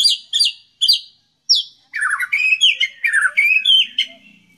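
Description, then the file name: White-rumped shama song, a few loud, sharp descending notes, then a rapid run of chattering whistled phrases. Song style called 'tembakan', with canary (kenari) and kingfisher (tengkek) phrases worked in. "murai batu tembakan kenari tengkek"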